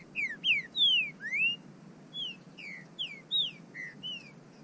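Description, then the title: Bird song: a rapid series of clear whistles, mostly falling, one rising, in two close phrases. "burung"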